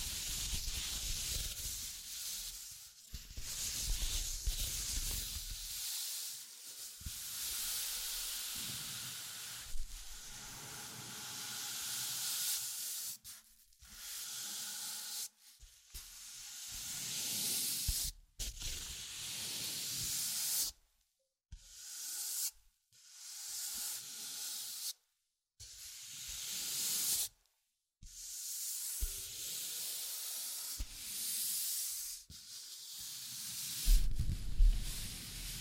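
Tapping, scratching and tracing sounds form bright, hissy rubbing strokes, broken by frequent abrupt silences and short pauses, with occasional low thumps.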